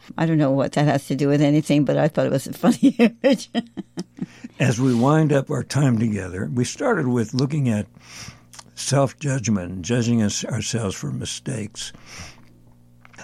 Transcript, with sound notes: I don't know what that has to do with anything, but I thought it was a funny image. (laughs)
As we wind up our time together, we started with looking at self-judgment, judging us- ourselves for mistakes.